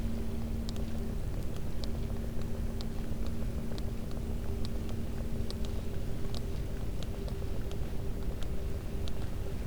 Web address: Physeter Macrocephalus cachalot